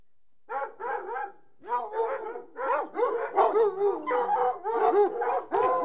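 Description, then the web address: Dog barking in a fast series of harmonic barks, running together more toward the end. "The BBC Sound Effects Library. Dogs"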